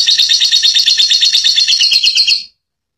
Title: Love Bird Latah Ngekek Cililin Panjang Mantab